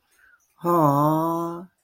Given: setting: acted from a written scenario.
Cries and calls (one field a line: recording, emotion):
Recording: vocal sound without words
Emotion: adoration